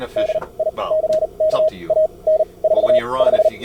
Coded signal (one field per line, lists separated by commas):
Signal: Morse code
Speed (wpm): 39 wpm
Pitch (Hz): 630 Hz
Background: speech, radio noise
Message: DICK AN45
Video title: 19 Aug 2020 CW Operators Club weekly CWT mini contest-Start to Submission. QRS and talk through.